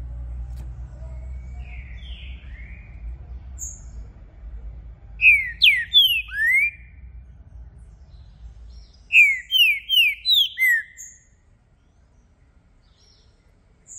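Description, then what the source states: Green-winged saltator singing a faint short phrase, then two phrases of bright, slurred whistled notes, each a run of four or five notes, separated by a few seconds. Recording played to warm up a contest bird so it calls, sings and acts male-aggressive; the recorded bird is called brave, switching between several song types, best for opening the song.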